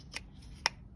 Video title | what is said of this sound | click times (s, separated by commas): How to Mount a Security Camera Ring Stick up cam. Get to battery open fit charge instal | click, and that locks in place. | 0.7 s